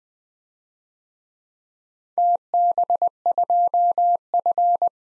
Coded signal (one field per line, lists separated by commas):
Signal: Morse code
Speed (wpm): 20 wpm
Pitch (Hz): 700 Hz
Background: none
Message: TB2F